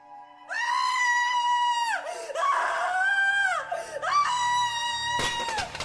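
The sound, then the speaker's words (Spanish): A woman screams in alarm and anguish, three long, high-pitched wailing cries that rise and fall in pitch, loud and sustained, with a brief harsh burst near the end. “Entonces dio un grito de alarma y de angustia.”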